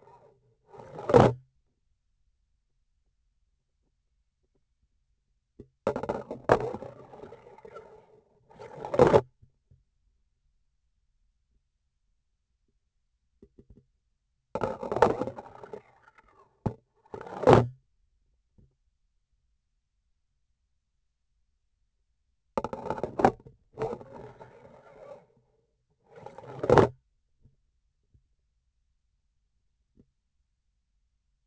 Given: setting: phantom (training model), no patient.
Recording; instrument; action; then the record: laparoscopic instrument, vibration sensor on the handle end; grasping forceps; insertion and removal through the trocar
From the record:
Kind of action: spatial motion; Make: other than Olympus